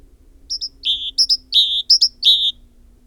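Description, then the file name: Great tit phrases: two brief high notes then a longer, lower ringing note, the pattern repeated three times with a low steady hum beneath. "Parus major"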